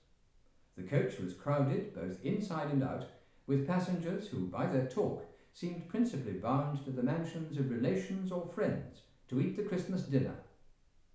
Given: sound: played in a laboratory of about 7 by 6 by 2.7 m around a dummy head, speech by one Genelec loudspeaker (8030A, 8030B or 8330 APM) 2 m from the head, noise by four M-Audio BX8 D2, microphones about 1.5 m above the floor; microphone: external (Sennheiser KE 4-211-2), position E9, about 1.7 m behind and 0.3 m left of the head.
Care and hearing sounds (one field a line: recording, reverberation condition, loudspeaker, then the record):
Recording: male speech in English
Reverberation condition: medium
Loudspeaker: 120 degrees to the left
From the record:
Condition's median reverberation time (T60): about 510 ms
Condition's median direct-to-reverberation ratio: about -0.5 dB